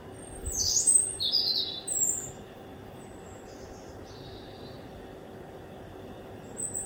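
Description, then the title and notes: Bird song: a few high warbled phrases in the first two seconds, then faint thin notes over a quiet hum. Recorded at 1 am from a kitchen window. "Birdsong Recorded From My Kitchen Window At 1 Am by Speculativism"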